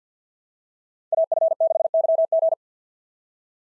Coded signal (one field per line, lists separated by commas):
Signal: Morse code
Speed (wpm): 48 wpm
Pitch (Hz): 660 Hz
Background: none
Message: AF6YG